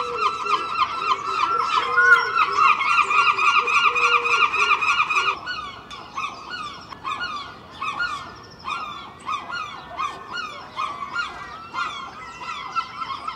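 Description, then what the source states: Gulls calling, a long drawn-out wailing cry and a lower mewing note, then several rapid chattering calls. Early morning, Filey, April 2023; recorded from a second storey window with Clippy microphones and a Roland R-07.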